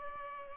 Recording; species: mosquito wingbeat signal from an infrared sensor; Culex pipiens